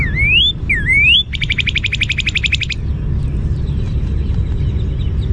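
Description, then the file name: Northern cardinal song: two loud rising slurred whistles, then a fast, even trill of clipped notes lasting about a second and a half, with low background rumble throughout. "NOCA song"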